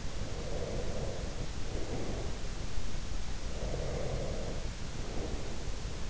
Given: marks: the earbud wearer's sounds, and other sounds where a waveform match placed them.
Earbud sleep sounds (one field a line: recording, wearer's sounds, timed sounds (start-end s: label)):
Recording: sounds in sleep by an in-ear microphone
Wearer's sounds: breath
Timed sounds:
0.13-2.54 s: breath
3.44-6.10 s: breath